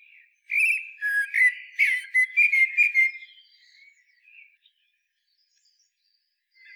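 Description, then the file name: Common blackbird singing a short warbled phrase of fluty whistles that ends in a brief high squeaky twitter, then quiet. "Turdus merula"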